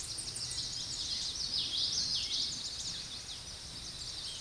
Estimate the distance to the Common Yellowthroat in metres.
about 15 m